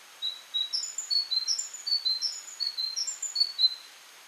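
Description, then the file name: Great tit song: a steady run of high, thin two-note phrases alternating between a higher and a lower pitch, repeated briskly for about three and a half seconds. "Parus major"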